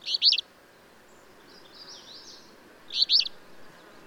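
Bird song: two short, bright chirp bursts at the start and near three seconds, with faint high twittering between them over a steady background hiss.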